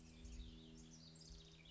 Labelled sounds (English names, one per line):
House Wren